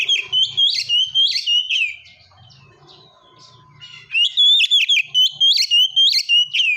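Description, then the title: Oriental magpie-robin singing bright, chattering whistled phrases, a brief lull with a faint steady tone, then a fresh rapid burst of song. "kacer"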